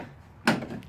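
A small plastic retaining clip on a car headlight housing, the first of two holding the headlight assembly, is undone by hand. After quiet, a sharp snapping click at 0.5 s releases the clip, followed by a faint tick at 0.8 s.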